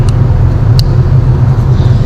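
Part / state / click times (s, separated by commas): red safety clip on a wiring harness connector / seated / 0.8 s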